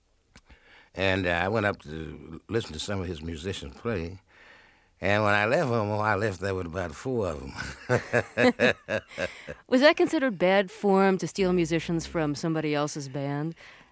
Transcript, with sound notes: And I went up to listen to some of his musician play. And when I left Omaha, I left there with about four of them.
(LAUGHTER)
Was that considered bad form - to steal musicians from somebody else's band?